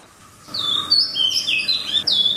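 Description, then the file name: Chinese hwamei song: after a brief quiet start, a run of clear, sliding whistles at varied pitches. For training cage birds. "hwamei omkicau"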